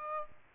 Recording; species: mosquito wingbeat signal from an infrared sensor; Aedes aegypti